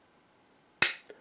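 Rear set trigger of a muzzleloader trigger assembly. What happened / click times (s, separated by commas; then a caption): The set trigger snapped into its set position / 0.8 s. The adjustment screw of a TC Hawken or Renegade muzzleloader double set trigger is turned clockwise with a small screwdriver until the rear trigger sets. After quiet, a single sharp, bright click comes at 0.8 s, then a faint small tick follows at about 1.1 s. The rear trigger sets with the click and its trigger shoe kicks forward.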